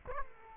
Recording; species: mosquito wingbeat signal from an infrared sensor; Culex quinquefasciatus